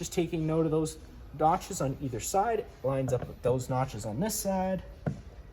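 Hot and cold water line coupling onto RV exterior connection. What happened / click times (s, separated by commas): The coupling is being lined up and has not yet locked in / none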